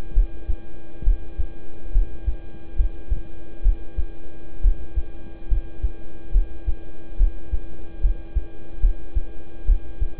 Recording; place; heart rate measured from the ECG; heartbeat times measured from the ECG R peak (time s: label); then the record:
heart sounds by stethoscope; between the tricuspid and mitral areas; 69 bpm
0.13 s: heartbeat
1.04 s: heartbeat
1.92 s: heartbeat
2.76 s: heartbeat
3.62 s: heartbeat
4.61 s: heartbeat
5.48 s: heartbeat
6.31 s: heartbeat
7.17 s: heartbeat
8.01 s: heartbeat
8.80 s: heartbeat
9.65 s: heartbeat
From the record:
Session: rest, lying down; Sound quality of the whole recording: good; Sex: male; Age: 26 years